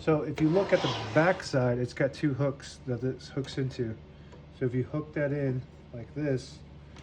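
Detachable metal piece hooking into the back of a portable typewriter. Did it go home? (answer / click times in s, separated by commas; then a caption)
no / none. A detachable metal piece is being hooked into the two hooks on the back of a 1931 Smith-Corona Flat Top vintage portable typewriter while someone talks throughout. The piece is handled and lined up, but nothing has seated or clicked yet.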